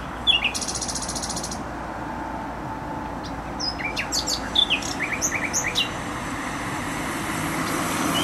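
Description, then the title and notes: Nightingale opens with a dry buzzy rattle, pauses, then delivers a string of clear whistled notes and chirps, all against steady heavy road noise. Singing in bushes close to a noisy motorway, Bródno-Podgrodzie, Warsaw, Poland; recorded on an Olympus LS-11. "Bródno-Podgrodzie, Warszawa, Polska - Trasa Toruńska Nightingale. Recording nightingale singing in bushes close to noisy motorway"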